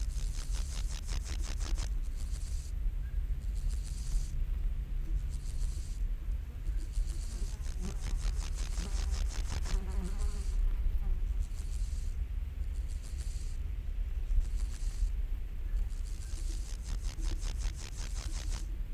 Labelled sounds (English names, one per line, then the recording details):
Water-meadow Grasshopper stridulation
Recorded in the wild
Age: imago
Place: Schildow, NSG, Kalktuffgelände am Tegeler Fließ (NSG Schildow), Berlin, DE
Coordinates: 52.642, 13.368
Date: 1993-08-14 11:10
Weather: sonnig, 24-28°C
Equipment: Marantz CP 430, Sennheiser ME 80, Kopie Uher Variocord 263
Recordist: Tembrock, Günter